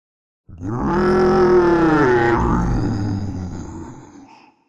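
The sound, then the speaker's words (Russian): A single long, low howl from the forest, made by an old krivorog creature warning the others that prey is escaping, loud and drawn out for about four seconds, rough and growling in tone, shifting slightly in pitch midway before fading out. No talking. “Раздался вдруг протяжный низкий вой из леса.”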